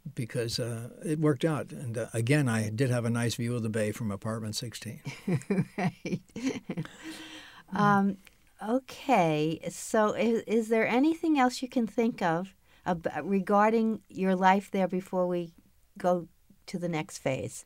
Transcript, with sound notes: Because it worked out. And, again, I did have a nice view of the bay from apartment 16.
[laughs] Right. Okay. So i — is there anything else you can think of regarding your life there before we go to the next phase?